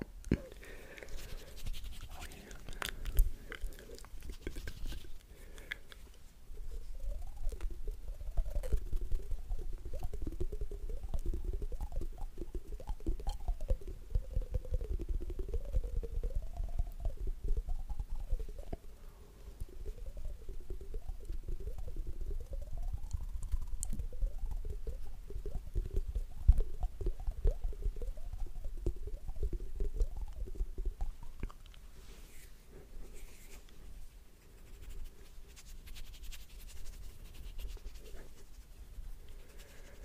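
Quiet mouth sounds over a low, steady rumble, with scattered small clicks and pops. From about seven to thirty seconds a soft, wavering hum slides up and down in pitch and the sounds grow denser and louder, then thin out again toward the end.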